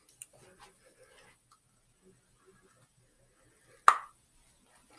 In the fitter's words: you hear it pop just